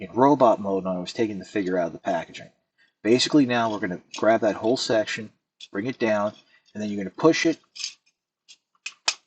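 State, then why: Seated. Someone talks while bringing the whole plastic pelvis/hip section of a Transformers Earthspark Deluxe Class Optimus Prime figure down and pushing it during robot-to-vehicle conversion. Two sharp plastic clicks follow at 8.9 s and 9.1 s as the section snaps into its locked position.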